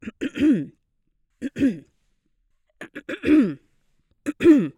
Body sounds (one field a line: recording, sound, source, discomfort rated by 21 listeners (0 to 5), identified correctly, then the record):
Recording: sound for misophonia research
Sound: clearing throat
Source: oral or nasal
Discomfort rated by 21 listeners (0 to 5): mean 1.05, standard deviation 1.24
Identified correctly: in 42 of 42 trials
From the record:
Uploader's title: Middle Age - Female - Clearing Throat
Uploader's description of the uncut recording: I drank a Coke before recording and the result was a lot of throat clearing during my narration. These are all real / genuine attempts at clearing my throat.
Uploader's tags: phlegm, mucous, throat, female, smoker, middle-age, clearing, ahem